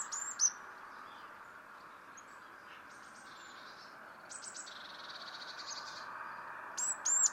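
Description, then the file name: Eurasian blue tit giving a soft buzzy rattle of rapid pulses, with thin very high notes at the start and end. "Cyanistes caeruleus"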